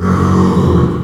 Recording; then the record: squeal of a Yucatan mini pig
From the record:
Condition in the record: after surgery on the right vocal fold (resection and tissue-engineered implant); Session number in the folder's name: 15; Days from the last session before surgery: 175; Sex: female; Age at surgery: 19 weeks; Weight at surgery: 25 kg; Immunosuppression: prednisolone